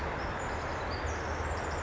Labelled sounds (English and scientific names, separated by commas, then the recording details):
Pacific Wren (Troglodytes pacificus)
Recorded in Sonoma County, California